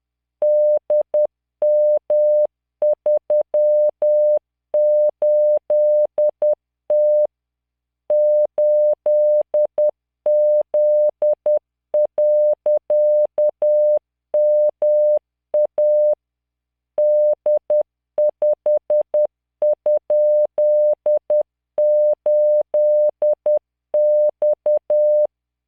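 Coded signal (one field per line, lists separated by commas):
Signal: Morse code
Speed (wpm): 10 wpm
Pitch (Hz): 600 Hz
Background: none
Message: DM38T 8Z.MA D5?8X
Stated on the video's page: Software-generated Morse practice with LearningMorse at 10 WPM, 600 Hz tone, standard 3-dot spacing, random 5-character groups.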